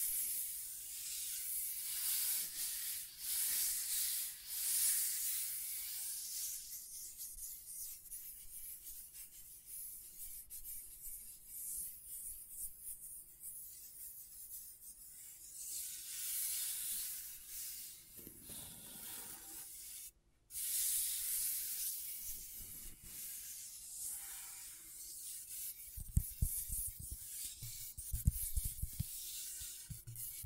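Scratchboard being worked: steady dry, bright scratching and rubbing, briefly cut off near twenty seconds, with low knocks and bumps toward the end.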